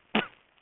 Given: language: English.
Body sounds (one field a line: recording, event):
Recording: throat vibration sensor signal played as sound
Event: cough